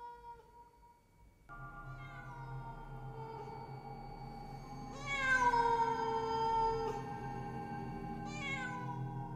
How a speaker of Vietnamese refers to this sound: Ác linh rít lên the thé the thé. Vào trong tai của những thường nhân ở bên kia đang hoảng loạn, thì bọn họ nghe giống như là tiếng mèo đang kêu vậy.